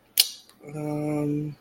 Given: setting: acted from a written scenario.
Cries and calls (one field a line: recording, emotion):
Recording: vocal sound without words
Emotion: confusion